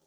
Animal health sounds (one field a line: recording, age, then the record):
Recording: pig call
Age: piglet (1 to 25 days)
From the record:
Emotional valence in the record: positive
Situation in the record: short reunion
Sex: male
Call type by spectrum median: high-frequency call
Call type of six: low-frequency tonal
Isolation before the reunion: 3 minutes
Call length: 0.07 s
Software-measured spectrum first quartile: 486 Hz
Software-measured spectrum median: 2485 Hz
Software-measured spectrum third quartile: 8695 Hz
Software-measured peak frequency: 400 Hz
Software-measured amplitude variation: 37 dB a second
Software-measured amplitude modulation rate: 6.7 a second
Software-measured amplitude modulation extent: 5.6 dB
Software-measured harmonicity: 3.4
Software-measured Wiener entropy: -1.50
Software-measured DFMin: 1000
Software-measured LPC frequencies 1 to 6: 553, 3265, 4107, 4613, 5711, 6337 Hz